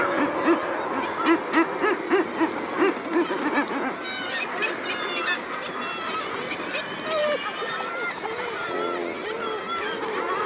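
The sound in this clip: Common murres give a run of short, repeated guttural croaks at the start, then a thick chorus of overlapping moaning calls from the colony.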